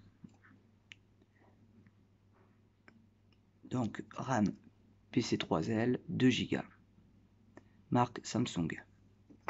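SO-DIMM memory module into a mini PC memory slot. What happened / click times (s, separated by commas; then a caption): Handled, not yet seated: memory module not clicked in / none. A Samsung PC3L laptop-style SO-DIMM memory module is handled at the memory slot of a Lenovo M93P Tiny mini PC during a RAM upgrade from 4 GB to 8 GB. A few faint ticks are heard early, then someone talks from about 3.7 s to the end. The module has not seated or clicked into its slot yet.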